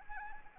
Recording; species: mosquito wingbeat signal from an infrared sensor; Anopheles arabiensis